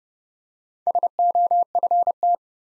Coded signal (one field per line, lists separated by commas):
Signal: Morse code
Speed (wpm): 30 wpm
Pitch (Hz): 700 Hz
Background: none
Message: SOFT